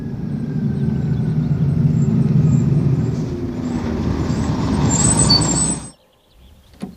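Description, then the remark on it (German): A bus from Amiens arrives at the terminal stop after the rain has stopped: its engine rumbles low and steady, then a high hiss of air brakes sounds before the engine cuts off abruptly, leaving near silence and a faint click. “Zum Glück hatte wenigstens der Regen aufgehört, als ich zur Endhaltestelle ging, um den Bus aus Amiens zu erwarten.”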